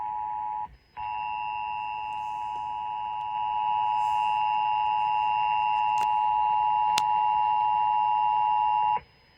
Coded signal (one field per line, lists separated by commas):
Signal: Emergency Alert System (SAME) tones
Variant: 853 and 960 Hz attention tone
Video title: Required Monthly EAS Test - August 3, 2022 10:49 PM